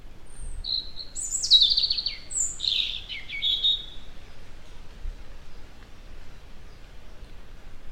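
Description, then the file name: European robin with a high, wavering song phrase of thin whistles and slurred trills sliding downward in several pieces, then quiet. "Erithacus rubecula"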